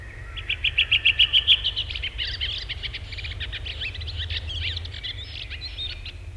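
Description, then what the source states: Redwing song: a fast string of several clear, identical high notes, dissolving into a long, softer, scratchy twitter; faint low hum throughout. Song varies in regional dialects; typically 'try-try-try' ending in a twitter audible only close to the bird; recorded in Finland.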